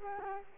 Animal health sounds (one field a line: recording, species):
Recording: mosquito wingbeat signal from an infrared sensor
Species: Culex quinquefasciatus